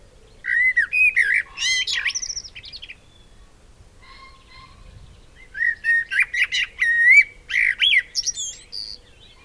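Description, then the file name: Eurasian blackbird singing mellow whistled phrases that slide up and down, finished with scratchy high twittering, then a pause and another fluty phrase ending in high twittering. "Turdus merula"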